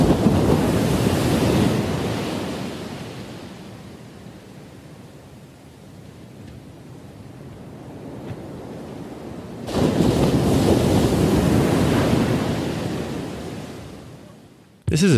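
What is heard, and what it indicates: Sound therapy playback from the ReSound Relief app for tinnitus: a masking soundscape of broadband, low-weighted noise like ocean surf, swelling and fading in waves, with a quieter lull in the middle before rising again.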